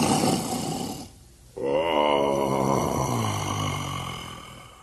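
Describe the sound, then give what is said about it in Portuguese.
The giant Furacão's heavy snore as he sleeps after drinking too much: a harsh, breathy inhale, a brief pause, then a long, rumbling, groaning exhale that slowly sinks in pitch and fades out. No one speaks. “Polegar, assim que ouviu os roncos do Furacão, fugiu carregando a chave da gaiola do porão.”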